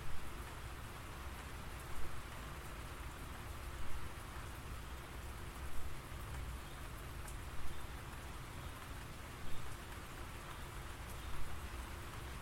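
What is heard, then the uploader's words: Steady rain falls in a dense, even hiss that stays constant from start to finish, with a low rumble underneath and a faint steady hum. Slightly louder swells of patter come about every two seconds in a regular pattern. Soothing Rain Sounds.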